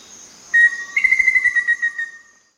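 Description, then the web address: Black-faced antthrush song, one clear whistled note followed by a quick run of shorter whistled notes falling slightly in pitch, over a faint high insect hum. South America. "Natures Songs S America Black-Faced Antthrush"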